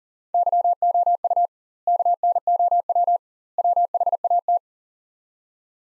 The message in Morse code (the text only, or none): YOU KNOW WHAT